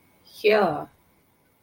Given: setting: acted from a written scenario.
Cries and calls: vocal sound without words; triumph

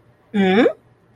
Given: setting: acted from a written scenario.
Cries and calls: vocal sound without words; interest

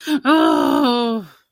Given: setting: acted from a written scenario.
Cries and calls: vocal sound without words; pain

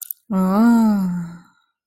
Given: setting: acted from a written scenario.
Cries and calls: vocal sound without words; interest

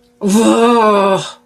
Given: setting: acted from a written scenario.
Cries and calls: vocal sound without words; confusion

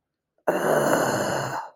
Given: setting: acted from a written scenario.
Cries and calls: vocal sound without words; contempt

